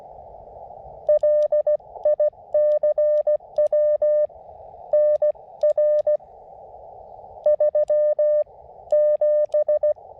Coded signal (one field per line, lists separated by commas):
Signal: Morse code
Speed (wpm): 16 wpm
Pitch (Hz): 590 Hz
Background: none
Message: LICW NR 3 7